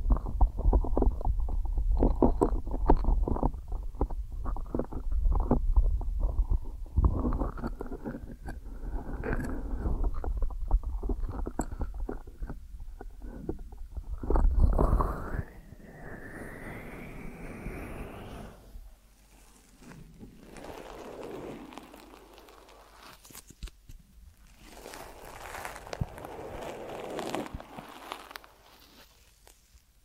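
Deep ear massage sounds: thick, muffled rubbing and pressing with a constant low rumble. The first fifteen seconds are dense with quick tapping and crackling. After that the rubbing turns softer and smoother, with a rising squeak near sixteen seconds and slow swishing strokes to the end.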